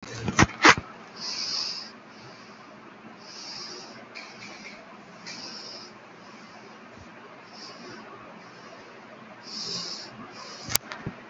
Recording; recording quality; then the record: shallow breathing; excellent, no background noise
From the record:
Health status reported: healthy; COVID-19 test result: negative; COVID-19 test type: RT-PCR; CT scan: not taken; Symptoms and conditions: none ticked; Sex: female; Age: 23 years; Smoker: no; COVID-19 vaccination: one dose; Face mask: worn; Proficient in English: yes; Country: India